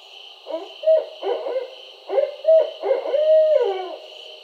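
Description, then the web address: Barred owl giving a cadenced run of throaty hoots, ending in a long descending trailing hoot, with a constant high-pitched background drone. Recorded 4 October 2011. "Barred Owl 2011 10 04"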